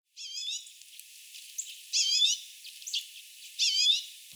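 Redpoll calls, buzzy wavering chatters in short bursts, with softer single notes between.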